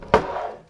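A 24-pin ATX power supply cable plug is lined up and pushed firmly into the motherboard power socket. A sharp, loud click sounds at 0.1 s and rings out briefly before fading. The connector is seated.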